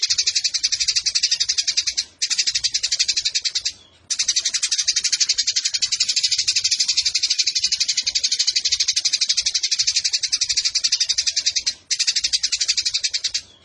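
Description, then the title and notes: Eurasian tree sparrow pouring out fast, harsh, buzzy chirps in long unbroken bursts separated by a few short pauses. Sparrow in fighting mode ('tarung') with long continuous bursts ('nembak panjang') and a clear voice, used as masteran training for competition birds. "GEREJA TARUNG NEMBAK PANJANG SUARA JERNIH MASTERAN WAJIB BURUNG LOMBA. Burung Gereja"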